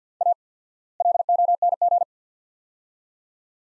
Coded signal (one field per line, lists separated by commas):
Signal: Morse code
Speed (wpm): 50 wpm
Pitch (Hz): 700 Hz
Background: none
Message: A LONG